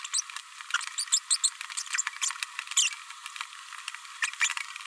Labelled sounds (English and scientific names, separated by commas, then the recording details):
Green-rumped Parrotlet (Forpus passerinus) babbling
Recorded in a nest box in Venezuela
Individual 18B104A3